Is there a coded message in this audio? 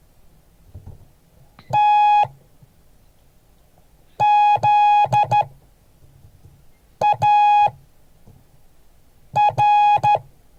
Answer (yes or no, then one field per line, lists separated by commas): yes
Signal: Morse code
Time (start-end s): 1.8-10.2 s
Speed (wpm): 13 wpm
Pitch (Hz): 830 Hz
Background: none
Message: TZAR